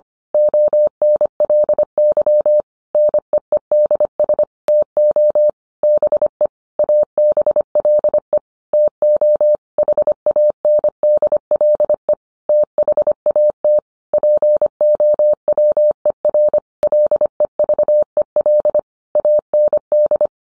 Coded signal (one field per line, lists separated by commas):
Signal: Morse code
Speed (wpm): 25 wpm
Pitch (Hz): 600 Hz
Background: none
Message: ONLY NEEDS TO BE ABLE TO HANDLE THAT POWER LEVEL AND